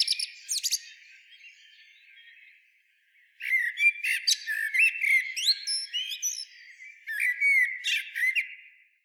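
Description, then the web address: Common blackbird singing in bursts of bright whistled notes mixed with rapid twittering phrases, a brief opening phrase, a quiet pause, then a dense run of varied notes. Greece. "pe menoume sti fusi Kotsufas Turdus merula"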